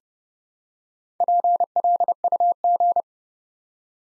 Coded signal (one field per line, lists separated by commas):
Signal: Morse code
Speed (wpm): 29 wpm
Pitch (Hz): 700 Hz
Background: none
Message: PLUG